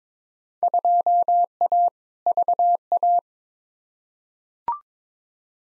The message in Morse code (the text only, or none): 2A VA